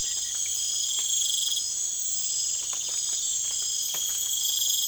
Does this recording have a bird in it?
no